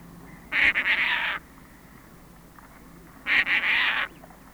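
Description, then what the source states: Caspian Tern giving two loud, harsh, rasping calls, each almost a second long, separated by a pause of about two seconds. Field recording by Sten Wahlström on a 1984 Swedish cassette of mountain and coastal birds.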